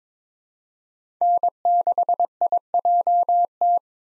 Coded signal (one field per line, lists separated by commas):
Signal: Morse code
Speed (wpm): 22 wpm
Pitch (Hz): 700 Hz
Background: none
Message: N6IJT